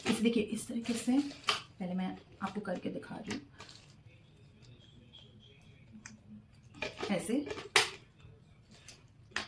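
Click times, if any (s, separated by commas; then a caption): 9.4 s. A plastic attachment is inserted from below into a handheld vacuum cleaner body, then pressed at the top near the orange part until it locks into place. Someone talks at the start, with plastic handling sounds and small knocks through the middle, then a sharp click at 9.4 s as the attachment seats.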